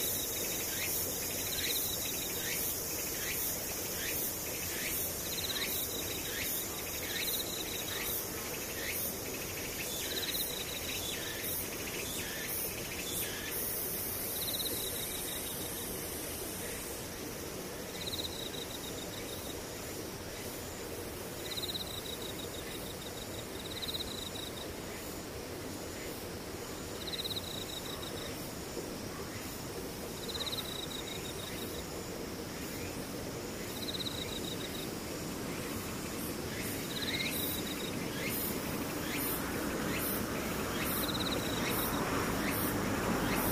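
Insects buzz in a dense, steady chorus, with a chirp repeating about every three seconds and a low rumble swelling near the end.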